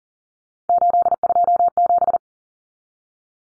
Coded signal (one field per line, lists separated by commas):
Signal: Morse code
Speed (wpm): 40 wpm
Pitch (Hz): 700 Hz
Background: none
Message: 827